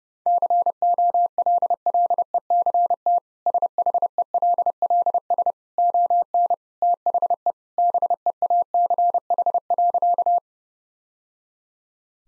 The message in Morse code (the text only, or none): COLLECT SHELLS ON THE BEACH.